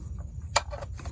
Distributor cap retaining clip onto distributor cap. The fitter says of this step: oops it did not clip that well there